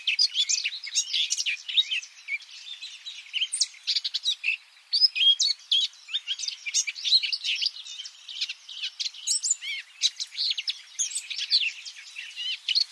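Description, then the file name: Eurasian blackcap warbling song, a continuous rapid jumble of varied chirps, trills and short whistles, high-pitched and fluctuating throughout with few pauses. "Sylvia atricapilla"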